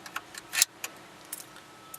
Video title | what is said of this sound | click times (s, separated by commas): Part 1 Enfig AUDI SAT PASS 2 installation - Keep Satlellite radio when ading iPod or aux | you're going to hear it snap | 0.6 s